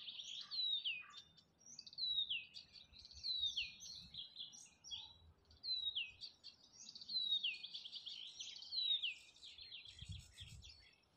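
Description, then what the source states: Bird song in repeated bursts of fast high twitters and falling whistles, separated by brief gaps. Forest birds recorded in spring.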